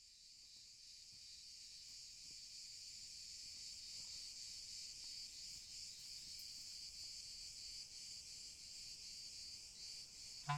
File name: 2023 06 30 Oliven Zikaden Sarakina Gorge